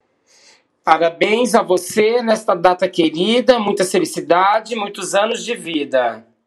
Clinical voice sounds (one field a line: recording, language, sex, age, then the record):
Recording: short text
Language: Brazilian Portuguese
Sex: male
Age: 30 to 39 years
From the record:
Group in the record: control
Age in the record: 39 years